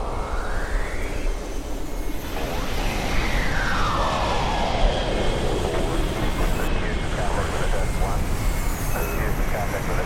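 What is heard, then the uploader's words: A heavy, steady roar fills the low end throughout, like a rocket liftoff, with no breaks in loudness. Tones sweep upward and then slide downward across the middle, and faint voice-like sounds seem mixed into the constant rumble. The episode starts with a pre-launch check, liftoff, the melody of space flight.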